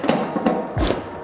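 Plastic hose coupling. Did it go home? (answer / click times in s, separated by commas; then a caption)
yes / 0.1 s, 0.5 s. A heat-resistant detergent hose, rated for 90-degree heat, is pushed into the quick-release connector on the front of an Aquarius Hot Poseidon industrial hot water carpet and upholstery cleaner. Sharp clicks sound at 0.1 s and 0.5 s, followed by a low thump around 0.8 s. The hose snaps in and locks into place.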